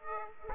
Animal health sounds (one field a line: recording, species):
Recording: mosquito wingbeat signal from an infrared sensor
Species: Aedes aegypti